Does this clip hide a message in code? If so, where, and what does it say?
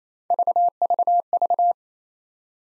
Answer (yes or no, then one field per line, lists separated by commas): no